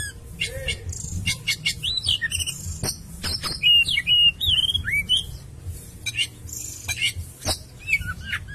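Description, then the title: Oriental magpie-robin song: clear whistled phrases that rise and fall, with scattered sharp clicks and chips and a low hum in the background. "Kacer"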